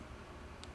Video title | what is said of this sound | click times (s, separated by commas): BTECH CellQ1 Installation Tutorial - Part 2 | twist it in and then it locks into place now we're connected | 0.6 s